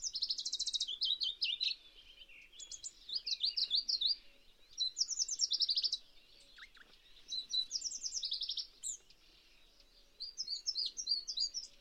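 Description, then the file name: Pallas's leaf warbler: bursts of quick, high trilled and chirping phrases every second or two, with short gaps and a faint lower note in between. "cikrak pallas omkicau"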